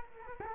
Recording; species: mosquito wingbeat signal from an infrared sensor; Culex quinquefasciatus